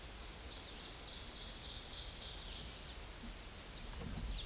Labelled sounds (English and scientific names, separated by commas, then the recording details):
Ovenbird (Seiurus aurocapilla) song
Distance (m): 60 m
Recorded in a Pennsylvania forest on 17 May 2023 at 13:00
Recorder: AudioMoth, point grid1_17_low
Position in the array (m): 172 m, 94 m